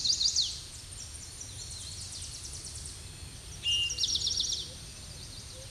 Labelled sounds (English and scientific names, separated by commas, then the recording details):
Eastern Towhee (Pipilo erythrophthalmus) song
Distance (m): 15 m
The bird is about 10 m above the microphone
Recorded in a Pennsylvania forest on 16 May 2024 at 07:37
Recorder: AudioMoth, point MSD-2494
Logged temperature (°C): 15.6 °C
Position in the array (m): 181 m, 181 m